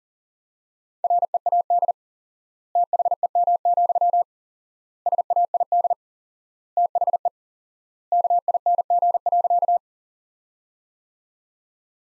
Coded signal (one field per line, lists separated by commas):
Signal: Morse code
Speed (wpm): 37 wpm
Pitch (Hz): 700 Hz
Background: none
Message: READ THEM, SAID THE KING.